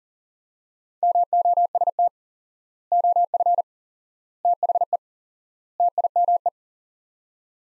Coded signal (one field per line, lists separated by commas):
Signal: Morse code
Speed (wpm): 40 wpm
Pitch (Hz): 700 Hz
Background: none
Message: MOST OF THE TIME